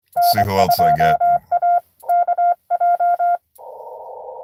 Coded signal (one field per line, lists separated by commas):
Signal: Morse code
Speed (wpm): 24 wpm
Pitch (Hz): 690 Hz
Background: speech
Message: N2AKJ